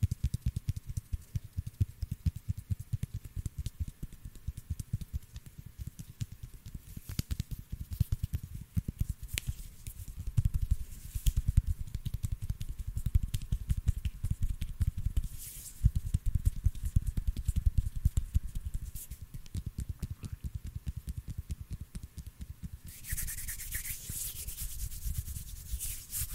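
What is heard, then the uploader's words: Continuous hand rubbing and brushing with dense, low friction and rapid crackly textures, turning brighter and hissier near the end. ASMR HAND SOUNDS NO TALKING,INTENSE HAND SOUNDS ASMR NO TALKING. ASMR HAND MOVEMENTS.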